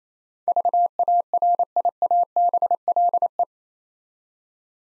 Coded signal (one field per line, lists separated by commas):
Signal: Morse code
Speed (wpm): 27 wpm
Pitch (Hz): 700 Hz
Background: none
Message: VARIABLE